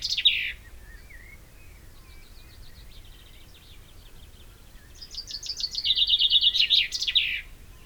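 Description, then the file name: Common chaffinch finishing one song, then after soft chirping delivering a full song: a trill of repeated notes ending in a loud final flourish. "Fringilla coelebs"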